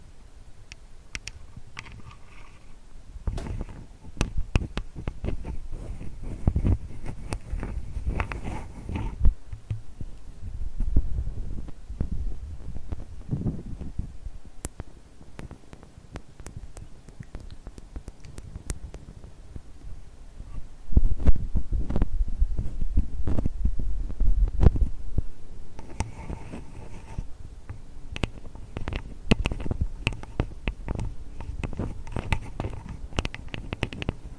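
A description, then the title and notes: Tapping, scratching and touching sounds come in clusters of quick, sharp clicks and taps over soft, low rubbing. The busiest bursts fall around 3–9, 10–14 and 21–25 seconds, with quieter pauses between, and a steady low hum underneath throughout. ASMR tapping, scratching, touching [no talking].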